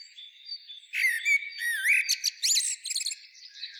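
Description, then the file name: Common blackbird calls: a soft whistled note, then a sudden burst of looping whistles, sharp chirps and fast stuttering trills, tailing off into quieter whistles. "Turdus merula"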